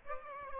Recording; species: mosquito wingbeat signal from an infrared sensor; Aedes aegypti